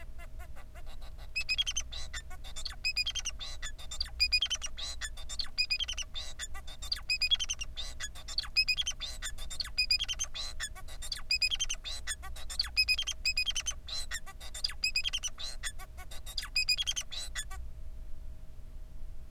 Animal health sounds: song of a male Bengalese finch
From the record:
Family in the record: son of father 4

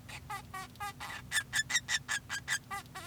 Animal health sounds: song of a male Bengalese finch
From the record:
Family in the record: son of father 2

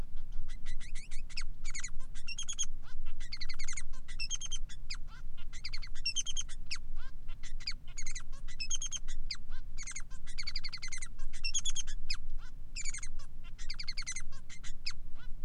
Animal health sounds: song of a male Bengalese finch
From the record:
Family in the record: son of father 3

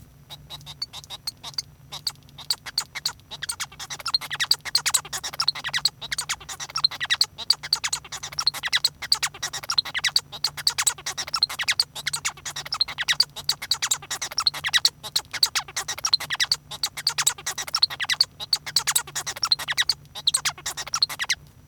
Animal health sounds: song of a male Bengalese finch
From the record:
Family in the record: son of father 1

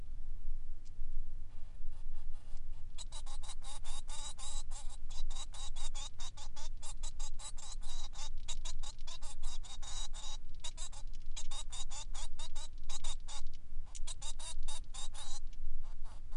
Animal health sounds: song of a male Bengalese finch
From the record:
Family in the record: son of father 3

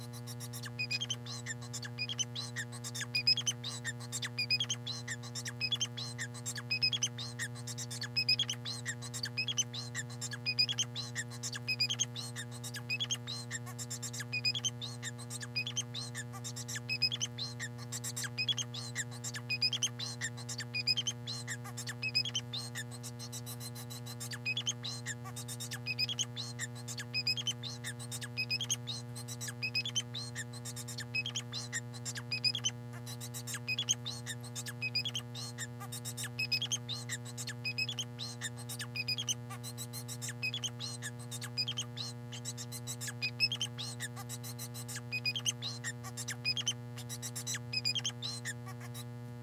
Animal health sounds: song of a male Bengalese finch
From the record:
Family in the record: son of father 4

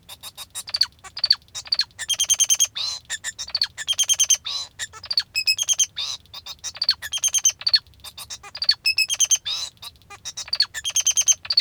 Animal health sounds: song of a male Bengalese finch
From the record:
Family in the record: father 2

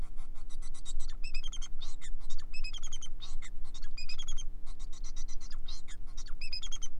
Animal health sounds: song of a male Bengalese finch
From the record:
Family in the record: son of father 4

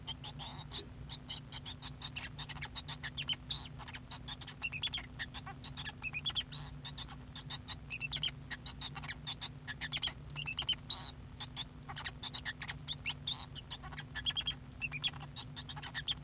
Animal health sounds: song of a male Bengalese finch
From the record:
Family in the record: son of father 2

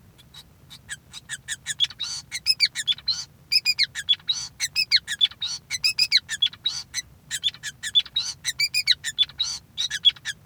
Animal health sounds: song of a male Bengalese finch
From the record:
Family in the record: son of father 5

